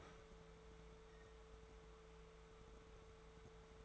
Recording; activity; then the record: daily activity, microphone in the room; open fridge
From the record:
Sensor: 3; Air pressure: 1014.8 hPa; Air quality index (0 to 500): 198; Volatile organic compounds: 27 ppm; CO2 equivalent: 2883 ppm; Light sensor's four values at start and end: 27/69/29/31 and 26/65/27/29